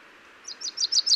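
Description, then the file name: Common chaffinch: five high, sharp notes in quick, even succession, starting after a short quiet gap. "Fringilla coelebs"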